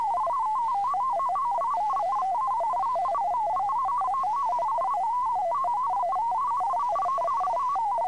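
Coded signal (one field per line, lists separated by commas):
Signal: multi-tone FSK (Olivia or MFSK type)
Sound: fast warbling tone hopping between pitches around 1 kHz, steady and continuous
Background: faint steady background tones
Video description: At the end of the video is a test message you can use to practice with to make sure everything is set up and working properly.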